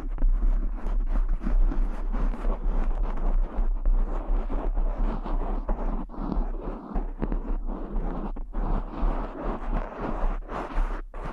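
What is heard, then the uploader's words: Cork triggers fill the clip with dense, continuous rubbing and scratching, a busy crackly texture with little pause. Brief louder taps and scrapes come every second or so, and a low rumble sits underneath throughout. ASMR Cork Triggers. (No Talking).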